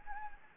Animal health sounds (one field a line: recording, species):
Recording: mosquito wingbeat signal from an infrared sensor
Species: Anopheles gambiae